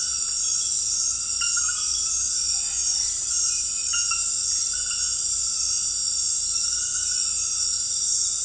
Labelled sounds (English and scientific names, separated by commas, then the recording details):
none
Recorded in dense forest near Puerto Asís, Putumayo, Colombia, on 19 February 2024 at 23:30
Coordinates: 0.484, -76.317
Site G6464